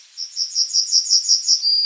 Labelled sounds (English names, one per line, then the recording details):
Yellowhammer song
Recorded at under 5 m from the bird
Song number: 047